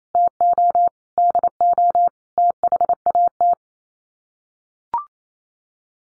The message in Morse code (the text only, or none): TO DO THAT